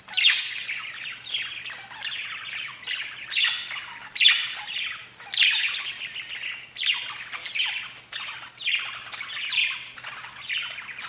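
Budgerigar warbling, busy and grating, broken by high chirps and harsh squeaks that come in uneven bursts throughout.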